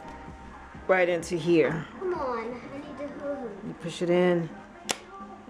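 A plastic hoop segment is pushed into the next hoop segment while someone talks over music in the background. A sharp snap at 4.9 seconds marks the segment seating into place.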